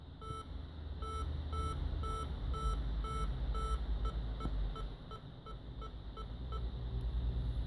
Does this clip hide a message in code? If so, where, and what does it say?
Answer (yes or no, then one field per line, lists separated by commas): no